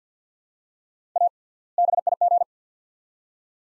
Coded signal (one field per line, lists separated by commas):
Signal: Morse code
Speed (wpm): 50 wpm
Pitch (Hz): 700 Hz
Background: none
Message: A BIG